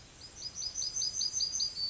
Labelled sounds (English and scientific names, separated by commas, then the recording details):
Yellowhammer (Emberiza citrinella) song
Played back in grassland
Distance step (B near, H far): E
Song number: 054